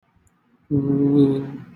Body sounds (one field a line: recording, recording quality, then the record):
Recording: sustained vowel as in boot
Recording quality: excellent, no background noise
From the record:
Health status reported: COVID-19 positive, mild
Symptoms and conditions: none ticked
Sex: male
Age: 26 years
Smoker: not ticked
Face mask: not worn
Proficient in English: yes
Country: India